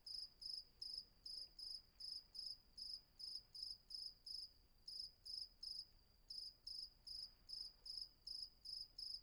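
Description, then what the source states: Cricket chirping at night in a steady high-pitched pulsing trill, about two and a half pulses per second, with a brief gap near six seconds, over faint low background hiss. Crickets at night, Vagia, Patmos, Greece; recorded with a Fostex FR-2 and MKH800 microphone.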